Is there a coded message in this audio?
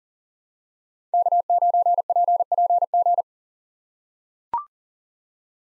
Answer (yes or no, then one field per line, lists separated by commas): yes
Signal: Morse code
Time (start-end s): 1.1-3.2 s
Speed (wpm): 40 wpm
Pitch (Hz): 700 Hz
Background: none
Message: K9PPG